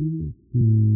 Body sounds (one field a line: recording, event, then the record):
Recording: neck accelerometer signal played as sound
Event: no cough (speech, laughter, throat clearing or background)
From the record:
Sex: male